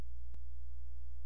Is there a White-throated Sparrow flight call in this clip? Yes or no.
no